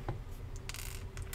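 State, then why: Not seated. A plastic LEGO piece is pressed onto a Winnie the Pooh set model but does not click in because a small heart locket piece is in the way. Short plastic handling ticks are heard at about 0.1, 0.7, 0.8, 1.3 and 1.4 seconds, but nothing has seated or clicked yet.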